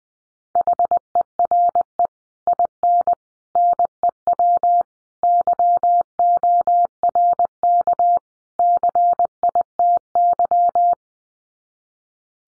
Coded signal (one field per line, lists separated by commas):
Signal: Morse code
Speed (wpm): 20 wpm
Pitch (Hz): 700 Hz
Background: none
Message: HERE IN NEW YORK CITY